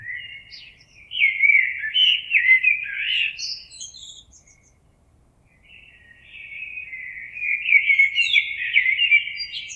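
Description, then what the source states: Common blackbird song, two mellow warbling phrases separated by a silence of about one and a half seconds, the first ending in thin high notes. Recorded 26 April 2022.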